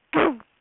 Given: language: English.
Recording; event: throat vibration sensor signal played as sound; throat clearing